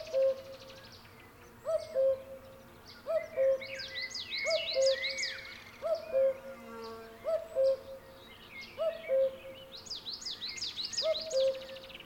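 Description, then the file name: Cuckoo giving a steady series of low two-note calls while a songbird adds loud, rapid, high trilled phrases over the top. "minutes of cuckoos"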